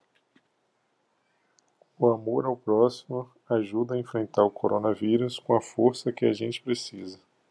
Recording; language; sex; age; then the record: spoken sentence; Brazilian Portuguese; male; 40 to 49 years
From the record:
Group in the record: control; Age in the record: 44 years